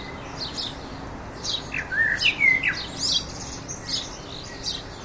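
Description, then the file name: Common blackbird voicing a single mellow, wavering fluted phrase followed by a shrill squeaky twitter, with scattered high chips before and after. "Turdus merula"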